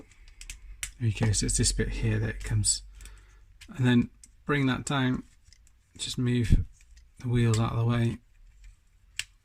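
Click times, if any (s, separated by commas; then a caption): 9.2 s. During transformation of a plastic Transformers War for Cybertron Siege Autobot Alphastrike Counterforce figure, a panel is swung down, the wheel is moved aside, and the panel is pressed into its locking slot on the figure body while someone talks. A sharp, fast-decaying click is heard at 9.2 s as the panel snaps into its locked position, seated.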